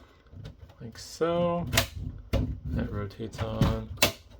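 A plastic front bezel is hooked by its tabs onto the metal chassis of a Dell Optiplex 9020 small form factor desktop and rotated into position while someone talks, with a few faint handling taps and a louder knock at about 2.3 s. The clip ends before the three tabs lock in, so nothing has seated or clicked yet.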